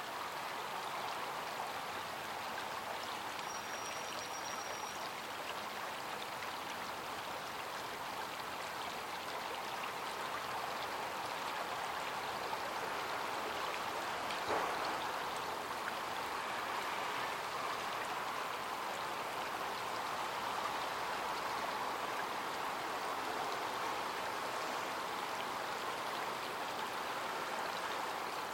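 A small stream babbles steadily nearby on a cold morning, its dense, even rush of water filling the mid and upper range without letup. The sound stays constant throughout, with one brief sharper splash around the middle and a faint thin tone early on.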